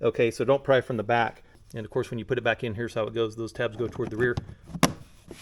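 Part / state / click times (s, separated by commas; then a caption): plastic trim piece tab into vehicle body / seated / 4.8 s. Someone talks while refitting a plastic trim piece into the body of a 4Runner during a steel rear bumper job, with its tabs toward the rear. A sharp pop at 4.8 s marks the tab snapping into place, leaving the trim piece seated.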